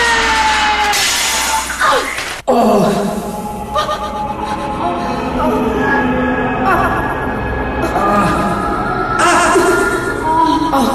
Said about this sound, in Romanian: Oglinda s-a spart în mii și milioane de bucăți, însă poți să te bucuri.